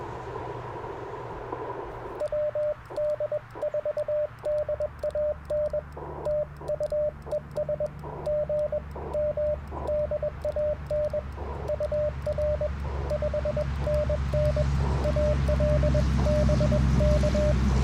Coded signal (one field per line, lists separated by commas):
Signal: Morse code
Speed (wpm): 20 wpm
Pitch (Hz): 600 Hz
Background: radio noise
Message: WD4DAN TUES G M DAN UR 5NN ALBK